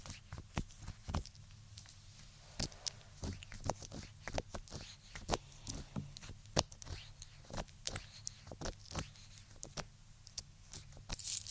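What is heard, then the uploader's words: Tapping triggers, a quick irregular run of sharp taps and clicks, a few every second throughout, some crisp and bright, others duller. A low steady hum sits underneath, with faint scratchy rustling between the taps. ASMR Helping You Fall Asleep Relaxing TappingTriggers.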